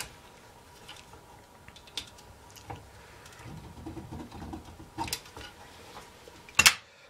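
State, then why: Not seated. A snap-fit part is pressed into the housing of an electric stove heater, model EST-534T-10, during reassembly. Soft plastic handling taps and light knocks are scattered through the clip, with a sharp, loud knock near the end. The part is not snapping in, so nothing has seated or clicked yet.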